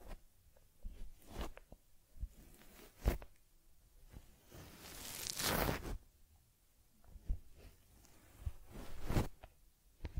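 Soft handling sounds as a teddy is groomed: quiet rubbing and brushing against fur, broken by sharp scratchy clicks near one, three and nine seconds. Around the middle comes a longer, louder bristly swish, then the sounds thin out again.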